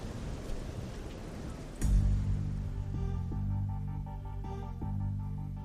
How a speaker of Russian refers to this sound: Ливень закончился так же быстро, как и начался.